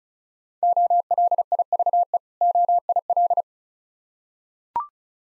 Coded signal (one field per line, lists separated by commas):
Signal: Morse code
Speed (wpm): 36 wpm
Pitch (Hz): 700 Hz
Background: none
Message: OLIVE OIL